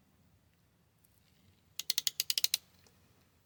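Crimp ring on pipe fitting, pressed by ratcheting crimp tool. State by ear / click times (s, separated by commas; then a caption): torque reached / 1.9 s, 2.1 s, 2.2 s, 2.4 s, 2.5 s. A ratcheting crimp tool is squeezed onto a crimp ring on a pipe fitting, giving a quick series of sharp ratchet clicks at 1.9, 2.1, 2.2, 2.4, 2.4 and 2.5 seconds. The tool then stops clicking once the crimp is fully done, like a torque wrench releasing.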